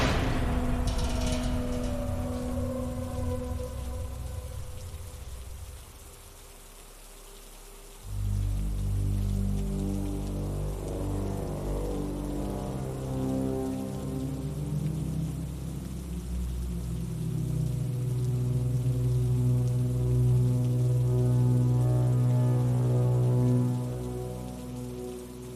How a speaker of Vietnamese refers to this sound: Tan học rồi mà chờ mãi mới hết mưa.